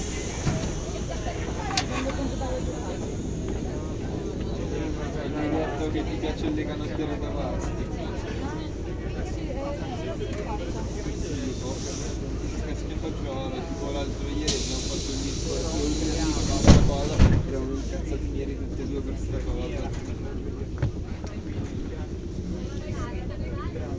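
A train rattles along in a steady low rumble, with murmured voices throughout and a brief louder clatter around seventeen seconds.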